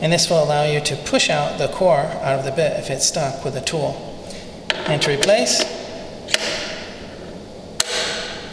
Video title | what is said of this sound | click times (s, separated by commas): AGP【TC20 / TC40 / TC402 타일 코어드릴 기계】소개 & 작동 | turn until it snaps in place the | 7.8 s